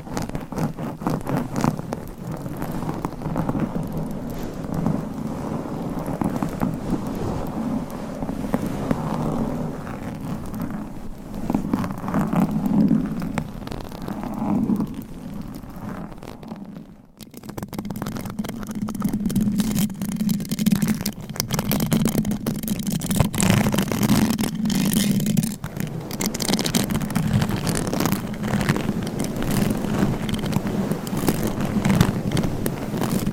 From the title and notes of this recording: ASMR Mic Scratching - Brain Scratching Layered Asmr No Talking for Sleep with Long Nails.